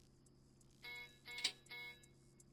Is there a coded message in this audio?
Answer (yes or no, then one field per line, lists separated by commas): no